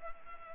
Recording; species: mosquito wingbeat signal from an infrared sensor; Culex pipiens